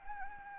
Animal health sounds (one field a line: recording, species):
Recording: mosquito wingbeat signal from an infrared sensor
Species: Anopheles gambiae